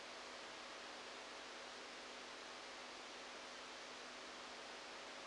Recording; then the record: brain microelectrode recording played as sound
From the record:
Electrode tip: outside the subthalamic nucleus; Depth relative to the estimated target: -8 mm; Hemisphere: right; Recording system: NeuroSet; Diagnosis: Parkinson's disease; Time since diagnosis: 14 years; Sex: male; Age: 51 years